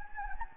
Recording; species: mosquito wingbeat signal from an infrared sensor; Anopheles gambiae